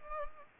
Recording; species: mosquito wingbeat signal from an infrared sensor; Culex pipiens